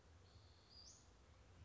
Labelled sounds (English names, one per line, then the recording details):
Western Flycatcher
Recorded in Sonoma County, California